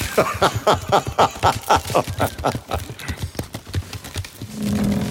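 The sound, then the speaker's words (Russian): A horse's hooves clop in a steady, even rhythm as it plods through a field alongside a prince in a darkening thunderstorm, the hollow knocks thinning out and slowing before a low droning hum rises at the end. “Князь и конь бредут через поле.”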